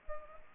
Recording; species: mosquito wingbeat signal from an infrared sensor; Culex pipiens